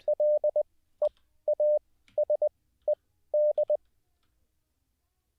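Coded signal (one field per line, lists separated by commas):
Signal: Morse code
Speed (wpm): 20 wpm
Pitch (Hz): 590 Hz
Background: none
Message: LEASED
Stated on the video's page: Morse code practiced live as a daily CW learning session.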